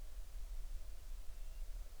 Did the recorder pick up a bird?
yes